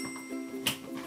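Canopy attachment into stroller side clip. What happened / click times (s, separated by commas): The plastic clip snapped onto the frame / 0.7 s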